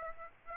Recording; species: mosquito wingbeat signal from an infrared sensor; Aedes aegypti